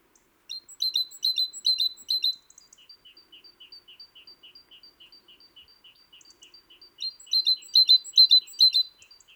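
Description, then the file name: Great tit giving bursts of loud, sharp chattering notes, followed by a long run of softer, evenly spaced repeated notes. Then the loud burst returns, with no other sounds. "Parus major"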